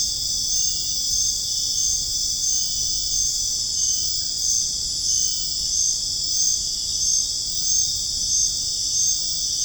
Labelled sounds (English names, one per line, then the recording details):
none
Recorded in dense forest near Puerto Asís, Putumayo, Colombia, on 23 June 2025 at 22:30
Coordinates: 0.481, -76.323
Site G072